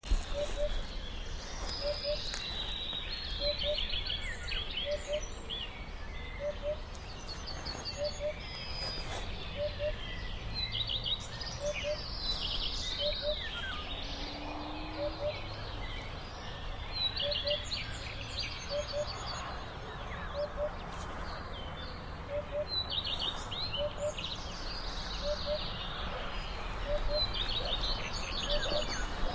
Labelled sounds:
Eurasian Hoopoe
Common Redstart
Yellowhammer
Eurasian Golden Oriole
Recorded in the wild
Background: Phoenicurus phoenicurus, Emberiza citrinella, Oriolus oriolus
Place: NSG Schönower Heide, Naturpark Barnim, Brandenburg, DE
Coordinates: 52.6822, 13.5053
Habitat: meadow
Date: 2011-05-14
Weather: cloudy, 15°C, almost no wind
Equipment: Sound Devices 702, Sennheiser MKH 70, Rycote Windschutz
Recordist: Frommolt, Karl-Heinz
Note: Eingezäunter Bereich des NSG: Rufe (zweisilbig) eines Wiedehopfes. Entfernung &gt; 100 m

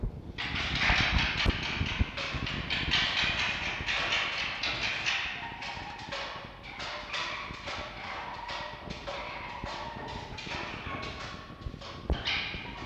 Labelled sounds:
Red Fox
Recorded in captivity
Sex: female
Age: adult
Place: Zoologisches Institut der HUB, Berlin, DE
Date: 1952-02-06 20:00
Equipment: Elmetra
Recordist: Tembrock, Günter

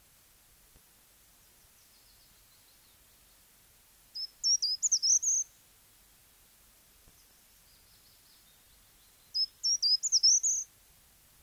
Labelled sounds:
Short-toed Treecreeper
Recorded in the wild
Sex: male
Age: adult
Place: Effeltrich, Bayern, DE
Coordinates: 49.6603, 11.0908
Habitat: hedge
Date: 1966-05-01
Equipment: Vollspur
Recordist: Tretzel, Erwin

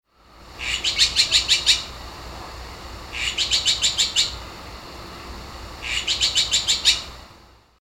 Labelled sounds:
Azure-winged Magpie
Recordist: Tembrock, Günter
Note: Rufreihen

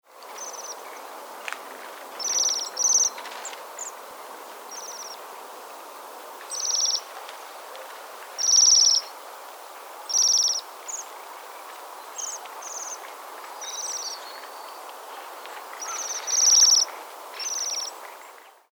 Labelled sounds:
Bohemian Waxwing
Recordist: Frommolt, Karl-Heinz
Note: Gruppe: Rufe

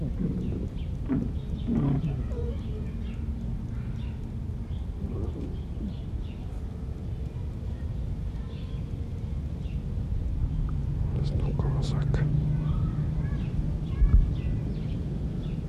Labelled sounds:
Corsac Fox
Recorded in captivity
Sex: group
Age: adult
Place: Zoo Halle, Sachsen-Anhalt, DE
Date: 1976-07-26 18:30
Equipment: Uher CR 210, Sennheiser MD 421 HL, Verstärker, Kopie Uher Variocord
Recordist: Tembrock, Günter

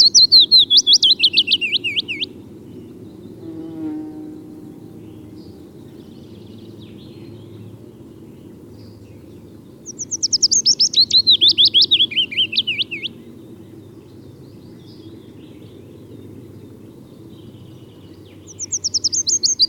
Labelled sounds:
Willow Warbler
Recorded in the wild
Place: Schönfeld, Brandenburg, DE
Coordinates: 53.396, 14.001
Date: 1988-04-30
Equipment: Nagra III BH, Sennheiser MD 21, parabola
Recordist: Schubert, Michael
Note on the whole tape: Gesang Fitis, sehr konkret und dicht, Agrarflieger Geräusch

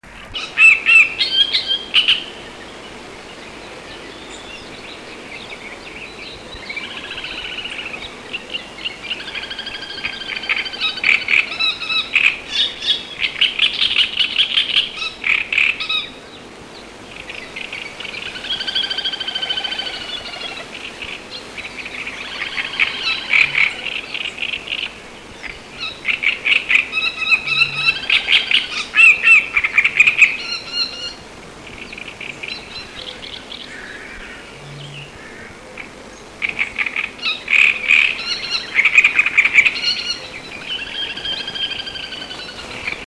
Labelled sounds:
Little Grebe call
Great Reed Warbler
Great Bittern
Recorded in the wild
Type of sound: call
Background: Acrocephalus arundinaceus, Botaurus stellaris
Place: Petershain, Niederlausitz, Sachsen, DE
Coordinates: 51.3167, 14.7514
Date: 1963-06-10
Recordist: Meyer, Hugo
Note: Diverse Lautformen

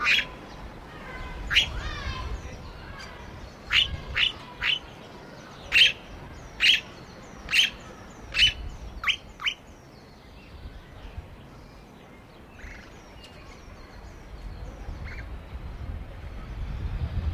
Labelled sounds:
Princess Parrot call
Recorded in captivity
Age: adult
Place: Zoo Leipzig, Sachsen, DE
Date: 1988-04-28 12:45
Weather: overcast, 12°C
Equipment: Nagra SN, Kopie Tesla B 116
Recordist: Tembrock, Günter

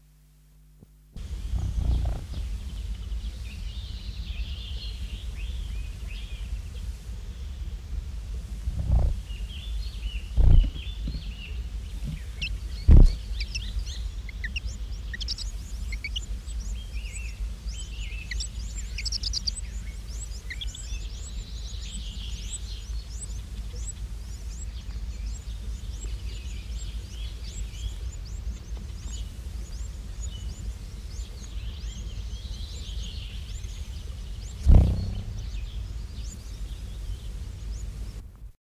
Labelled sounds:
Eurasian Wren call
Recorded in the wild
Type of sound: call
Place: Pevestorf (Höhbeck), Niedersachsen, DE
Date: 1968-06-01
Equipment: Halbspur, 9,5 cm/s
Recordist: Lütgens, Hans
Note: Junge, 6-8 Tage alt, werden gefüttert

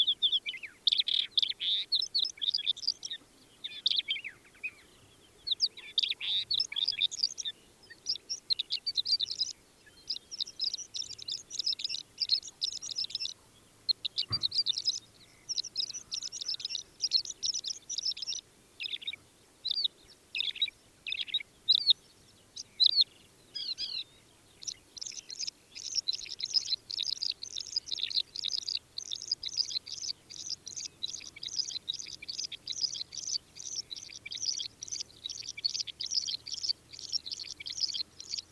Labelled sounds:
Mongolian Lark song
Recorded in the wild
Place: Chudjirt, MN
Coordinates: 47.013, 102.255
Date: 1979-06-06 20:35
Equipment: Nagra III BH, Sennheiser MD 21, parabola
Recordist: Schubert, Michael

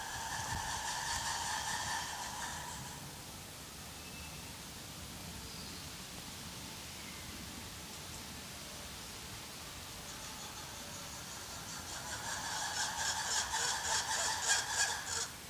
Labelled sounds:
Black-and-white Ruffed Lemur
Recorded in captivity
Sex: group
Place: Tierpark Berlin, Berlin, DE
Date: 2003-09-19 14:30
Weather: sonnig, 24°C
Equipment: Fair Mate ST-1328 (Asahi Electronics, Japan), Sennheiser ME 80, Kopie Uher 4000 Report Monitor
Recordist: Tembrock, Günter

